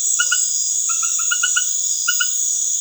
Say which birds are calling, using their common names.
none